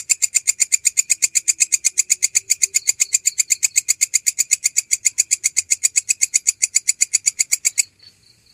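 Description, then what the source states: Canary song, a long, even run of harsh buzzy notes repeated about four per second for nearly eight seconds before stopping, followed by faint thin tones. Canary song used as masteran, a training track for songbirds.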